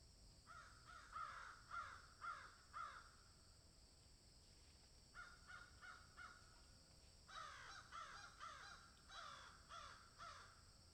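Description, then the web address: Crows cawing in a burst of about five harsh calls, a quiet stretch, then more bursts of overlapping caws, over steady high hiss. Crows cawing in a field. "Debarup Travel Films - Crows Caw in Field"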